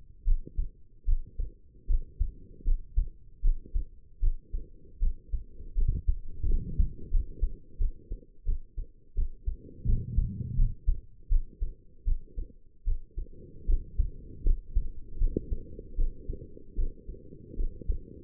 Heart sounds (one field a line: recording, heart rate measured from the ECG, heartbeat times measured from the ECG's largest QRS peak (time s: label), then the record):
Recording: heart sounds by stethoscope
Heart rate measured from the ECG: 80 bpm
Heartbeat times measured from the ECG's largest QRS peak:
0.24 s: heartbeat
1.05 s: heartbeat
1.87 s: heartbeat
2.64 s: heartbeat
3.41 s: heartbeat
4.20 s: heartbeat
4.99 s: heartbeat
5.75 s: heartbeat
6.46 s: heartbeat
7.10 s: heartbeat
7.78 s: heartbeat
8.45 s: heartbeat
9.15 s: heartbeat
9.85 s: heartbeat
10.56 s: heartbeat
11.29 s: heartbeat
12.05 s: heartbeat
12.84 s: heartbeat
13.66 s: heartbeat
14.43 s: heartbeat
15.18 s: heartbeat
15.96 s: heartbeat
16.75 s: heartbeat
17.56 s: heartbeat
From the record:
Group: healthy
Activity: rest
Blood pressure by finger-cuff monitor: 110/72 mmHg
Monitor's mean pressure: 83 mmHg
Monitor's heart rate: 77 bpm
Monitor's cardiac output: 5.9 L/min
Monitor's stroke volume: 75 mL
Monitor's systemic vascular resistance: 1010 dyn s/cm5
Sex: female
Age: 22 years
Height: 160 cm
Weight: 45 kg